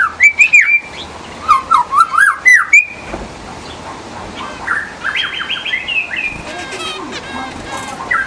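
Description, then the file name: White-rumped shama song: rich, varied whistled phrases with rapid rising and falling notes, a loud opening run followed by softer, jumbled warbling. In the forest. "murai batu di hutan"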